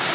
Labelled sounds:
Chestnut-sided Warbler flight call

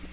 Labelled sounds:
Black-throated Green Warbler flight call

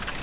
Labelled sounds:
Grace's Warbler flight call

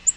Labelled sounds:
Yellow-rumped Warbler flight call

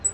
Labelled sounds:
Black-throated Green Warbler flight call

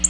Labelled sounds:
Black-throated Blue Warbler flight call

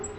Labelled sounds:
Black-throated Green Warbler flight call

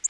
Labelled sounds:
Orange-crowned Warbler flight call

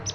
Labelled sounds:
Palm Warbler flight call

